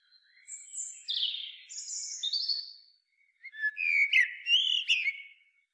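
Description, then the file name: Common blackbird singing thin high whistles that lead into a full mellow warbling phrase with squeaky accents. "Turdus merula"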